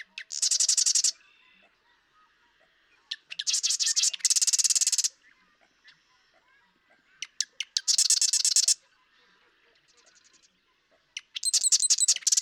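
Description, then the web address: Marsh Wren song: short ticking notes leading into loud, rapid buzzy rattles, repeated about every three to four seconds, with soft chatter between bursts. "birdsongforthecurious Marsh Wren"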